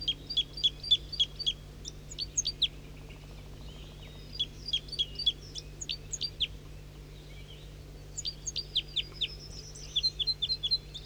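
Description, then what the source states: Red crossbill calls: sharp, high, clipped kip notes given in quick irregular bursts, with a steady low hum underneath. Red crossbill in the top of a pine tree at 7:05 a.m., in flight.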